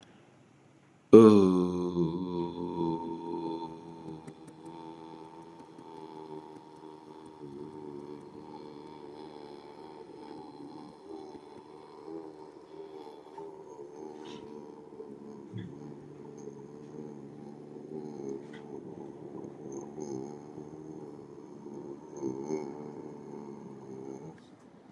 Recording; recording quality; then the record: sustained vowel as in boot; excellent, no background noise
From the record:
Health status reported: healthy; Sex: male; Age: 29 years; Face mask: not worn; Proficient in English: yes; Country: United States